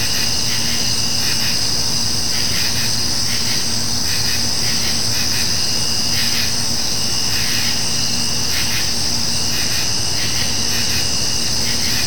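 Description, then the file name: Insect chorus with an unbroken high-pitched drone, and irregular buzzy swells that pulse in and out over a deep steady hum. Summer night nature ambience of insects. "kevin boucher nature ambience summer insects night"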